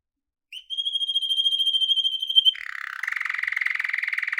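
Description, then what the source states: Canary song: a long, steady whistled note for about two seconds, then a fast, buzzy, rolling trill of rapid pulses. Yellow canary, caged bird, trilling.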